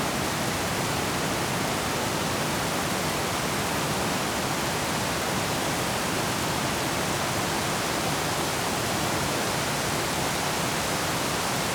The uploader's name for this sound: Pouring Night Rain Ambience